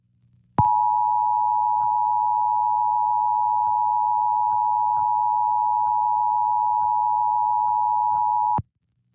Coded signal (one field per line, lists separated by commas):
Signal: Emergency Alert System (SAME) tones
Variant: 853 and 960 Hz attention tone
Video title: Santa Barbara County Required Monthly Test (EAS #520-525) 11/3/21